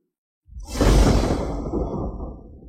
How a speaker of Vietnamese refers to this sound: Một mũi tên này bắn ra giống như một con dao long xông lên trời, phát ra từng đợt tiếng gió sấm.